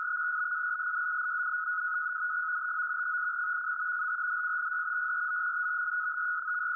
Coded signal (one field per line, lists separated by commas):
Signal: NAVTEX (SITOR-B)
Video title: 516 kHz NAVTEX